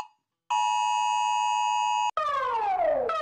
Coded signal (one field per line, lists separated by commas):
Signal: Emergency Alert System (SAME) tones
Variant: 853 and 960 Hz attention tone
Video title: Rating EAS Alarms